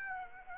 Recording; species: mosquito wingbeat signal from an infrared sensor; Aedes aegypti